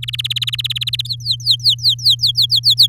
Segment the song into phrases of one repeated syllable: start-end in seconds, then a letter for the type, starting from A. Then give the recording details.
0.02-1.07 A, 1.07-2.87 B. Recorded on 7 May 2018 at 14:04. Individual llb16